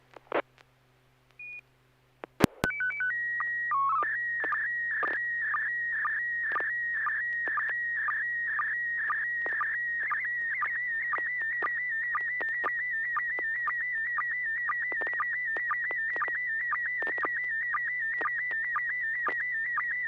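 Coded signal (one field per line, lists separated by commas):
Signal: SSTV (slow-scan television)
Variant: PD120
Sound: short burst, leader tones and chirpy header, then steady warbling tone with rhythmic clicks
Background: low hum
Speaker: good this is n6pgq and this is pd120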